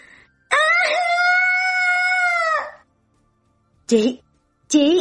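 A woman lets out a long, piercing, high-pitched scream that holds steady for about two seconds, then breaks off; after a pause, two short, sharp bursts of sound follow.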